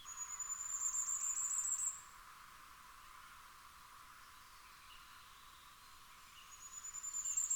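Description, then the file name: Common firecrest song: a very high, thin run of quick notes for about two seconds, then silence, and a second phrase beginning near the end. "Fiorrancino"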